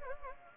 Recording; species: mosquito wingbeat signal from an infrared sensor; Anopheles gambiae